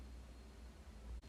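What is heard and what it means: A crimped metal ferrule on a 4 mm solar cable is handled as it is being pushed into the plastic male body of an MC4 solar connector. Only steady broadband hiss and a low hum are heard, with a brief drop in level near 1.2 s. Nothing has seated or clicked yet.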